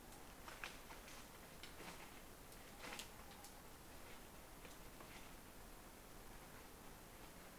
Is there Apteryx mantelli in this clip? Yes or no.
no